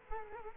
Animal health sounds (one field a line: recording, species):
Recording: mosquito wingbeat signal from an infrared sensor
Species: Culex quinquefasciatus